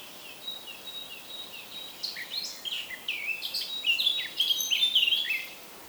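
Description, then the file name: Eurasian blackcap song: a steady, quieter warble building into a brighter, louder flourish. "Sylvia atricapilla"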